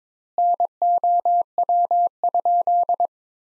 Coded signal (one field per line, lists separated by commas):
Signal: Morse code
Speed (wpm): 22 wpm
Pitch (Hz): 700 Hz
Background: none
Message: NOW?